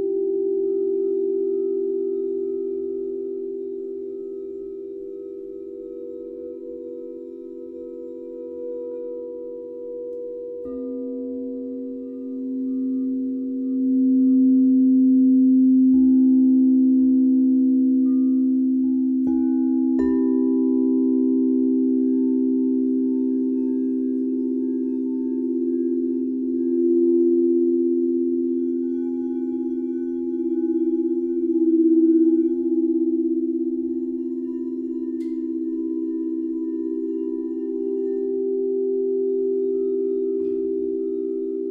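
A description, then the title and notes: Sound bath tones from singing bowls hum steadily through the whole stretch, layered in low and middle pitches that shift as new bowls are struck around 11, 16 and 20 seconds. Faint higher rings float above, and a soft low rumble sits underneath. Self-Love Sound Bath.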